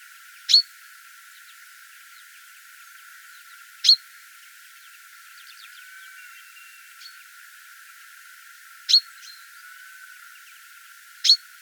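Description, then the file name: Common chaffinch uttering four brief, sharp, high-pitched calls at irregular gaps of two to five seconds, over a quiet background with faint bird notes. "Fringilla coelebs"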